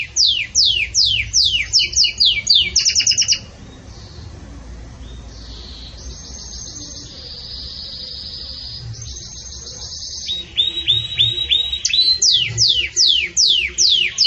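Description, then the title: Canary song: bursts of rapid descending chirps, then a quieter stretch of fast trills and buzzy notes, ending with another run of sharp sweeping chirps. Pure campainha song with pauses, for training. "Canto Canário Belga Campainha Puro Com Pausa Para Treinamento"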